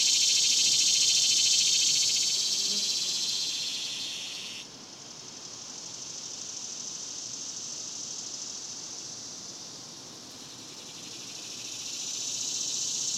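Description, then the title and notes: Cicada chorus, a loud steady buzz that drops away abruptly near the fifth second, then a quieter buzz that rises and falls before swelling again at the end. Cicadas recorded outdoors in a cemetery during the daytime in summer. "Ext, Daytime Cicadas, Cemetery, Summer"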